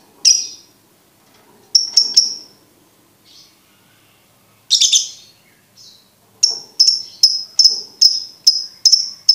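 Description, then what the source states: Lovebird with scattered high chirps at first, then a regular run of sharp chirps repeating quickly toward the end. Master recording for birds to learn the ngekek song style.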